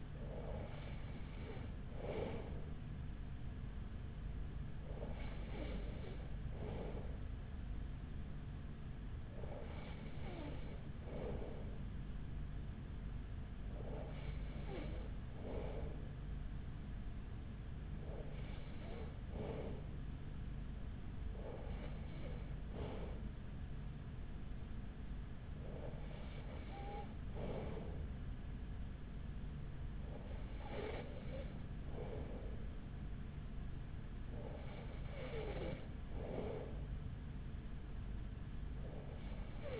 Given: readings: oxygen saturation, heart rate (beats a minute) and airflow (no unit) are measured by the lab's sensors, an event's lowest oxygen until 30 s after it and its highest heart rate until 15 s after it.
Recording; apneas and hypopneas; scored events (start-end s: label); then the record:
breathing in sleep by a smartphone at the bedside; none
none scored
From the record:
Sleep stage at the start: N2 (light sleep); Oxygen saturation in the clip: 94%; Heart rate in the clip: 42 to 45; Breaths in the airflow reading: 9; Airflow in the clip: -5.7 to 4.7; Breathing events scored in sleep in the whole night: 207 in 7.6 hours asleep